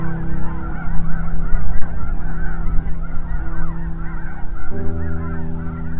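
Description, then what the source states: Goose: geese calling in a large flock, many rapid honks overlapping without pause, with a steady low drone and rumbling noise underneath. Large flock of white birds on the lake at Goose Lake, Saskatchewan, Canada, first mistaken for reflections; snow goose and Canada goose among animals encountered.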